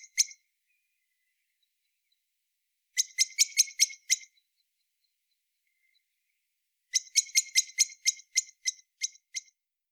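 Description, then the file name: Common blackbird giving sharp, metallic chinking notes in quick bursts of several, separated by quiet gaps of a few seconds. "Turdus merula"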